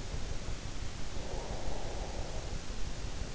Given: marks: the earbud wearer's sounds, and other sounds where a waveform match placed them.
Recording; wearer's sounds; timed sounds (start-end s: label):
sounds in sleep by an in-ear microphone; breath
0.73-3.13 s: breath